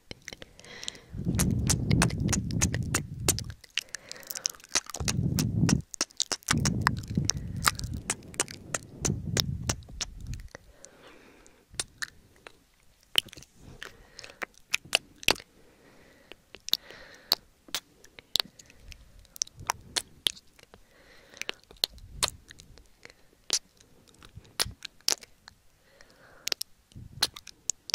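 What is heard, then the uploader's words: Mouth and kiss sounds: quick wet clicks and smacks recur throughout, with heavier low, breathy bursts packed into the first ten seconds. ASMR Valentine's Day Mouth and Kiss Sounds.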